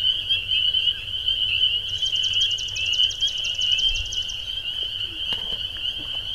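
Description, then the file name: Spring peepers in a dense chorus of overlapping high peeps forming a steady shrill drone, with a brief fast pulsed trill partway through. Recorded at Finzel on 30 May 2010; several animals. "Spring Peepers Finzel 20100530"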